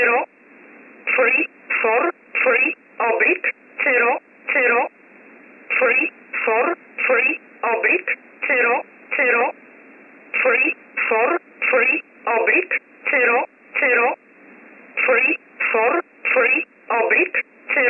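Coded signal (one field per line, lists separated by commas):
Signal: numbers station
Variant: E11 Oblique, English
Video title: 14 07 2021 Number station E11 Oblique in English to Eu 0745 on 15720 unknown tx site in USB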